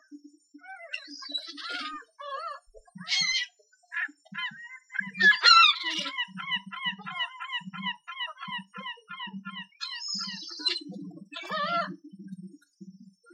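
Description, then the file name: Gull calling: a rapid, evenly repeated series of yelping notes lasting several seconds, framed by harsher screams, over a steady pattern of low soft pulses. "Seagulls"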